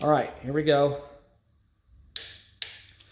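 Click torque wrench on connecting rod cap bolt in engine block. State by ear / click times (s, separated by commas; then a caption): torque reached / 2.2 s. Someone talks briefly as a click-type torque wrench tightens a connecting rod cap bolt on an engine rod assembly in the engine block. The wrench breaks over with a sharp click at 2.2 s, confirming it reached its 25 foot-pound setting. A second sharp tick follows at 2.6 s, then a faint one near 3.0 s.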